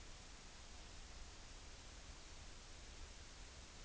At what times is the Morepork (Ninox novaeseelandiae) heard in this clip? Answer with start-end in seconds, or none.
none